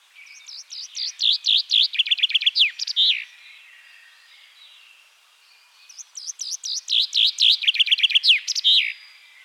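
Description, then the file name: Common chaffinch singing two full phrases, each an accelerating run of sweet notes dropping in pitch and closing with a sharp terminal flourish. "buchfink"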